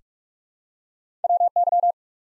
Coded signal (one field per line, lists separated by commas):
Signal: Morse code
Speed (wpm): 45 wpm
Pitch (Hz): 700 Hz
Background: none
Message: WY